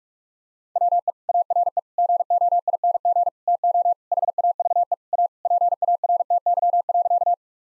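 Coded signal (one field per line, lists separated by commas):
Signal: Morse code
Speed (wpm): 46 wpm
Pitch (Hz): 700 Hz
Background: none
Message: WE ARE GOING TO HAVE A PARTY.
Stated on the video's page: Morse practice at 45 wpm, sending sentences built on common four-word phrases for head-copy drill, each sentence sent in Morse, then spoken, then sent again.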